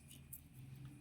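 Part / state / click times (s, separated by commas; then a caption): steering lock latch on motorcycle handlebar/steering head / seated / 0.3 s. The handlebar of a Satria Injeksi motorcycle fitted with an MT25 handlebar is turned until the steering lock latch at the steering head engages. A sharp, short click at 0.3 s marks the lock seating into its locked position, with a fainter tick just before it over a steady low hum.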